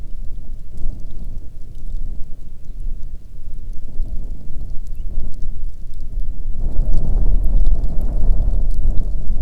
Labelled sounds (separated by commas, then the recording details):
songbird, wind, rain
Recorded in the Arctic National Wildlife Refuge, Alaska, on 1 June 2019 at 10:05
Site 37